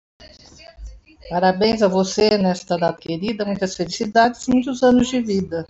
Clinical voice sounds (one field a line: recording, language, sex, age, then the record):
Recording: short text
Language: Brazilian Portuguese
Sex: female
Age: 60 to 69 years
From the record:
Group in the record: control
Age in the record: 69 years